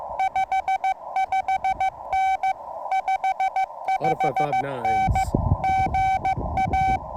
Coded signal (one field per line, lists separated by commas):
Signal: Morse code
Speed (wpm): 15 wpm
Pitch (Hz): 2300 Hz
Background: speech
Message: 55N 55N GA